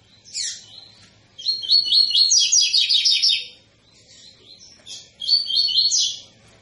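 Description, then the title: Double-collared seedeater singing a quick chain of high, bright, evenly repeated notes. Brief chips come between two rolling phrases. Tui-tui style song of a spirited ('fibra') bird, used as a teaching song for young birds. "COLEIRO TUI TUI FIBRA"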